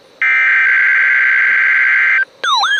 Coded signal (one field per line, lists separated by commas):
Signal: Emergency Alert System (SAME) tones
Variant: header bursts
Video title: WXL93 Required Weekly Test from 9/27/23 (EAS #737)